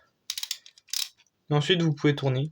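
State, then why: Seated. A plastic tip (bit) is slid into the ratchet of a spinning top and clips in, with a sharp click at 0.3 s followed by a few quick plastic clicks and rattles up to about 1.0 s. Someone then talks.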